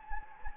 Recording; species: mosquito wingbeat signal from an infrared sensor; Anopheles gambiae